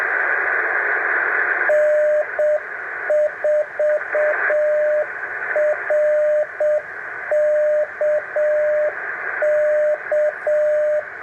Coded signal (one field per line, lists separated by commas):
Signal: Morse code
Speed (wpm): 10 wpm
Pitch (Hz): 600 Hz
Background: radio noise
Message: N4RKK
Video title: Morse Code K-6934 #3